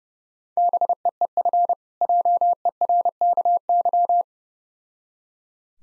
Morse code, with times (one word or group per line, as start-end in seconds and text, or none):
0.6-1.7 BEEF
2.0-4.2 JERKY